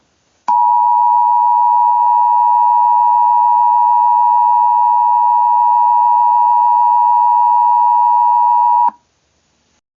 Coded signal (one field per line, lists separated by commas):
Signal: Emergency Alert System (SAME) tones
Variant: 853 and 960 Hz attention tone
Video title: EAS Scenario #3: Winnie the Pooh